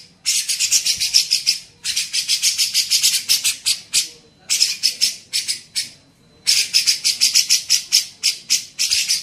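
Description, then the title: Grey-cheeked bulbul delivering scratchy, buzzing note strings in four quick bursts. Masteran training song used to teach songbirds. "MASTERAN CUCAK JENGGOT"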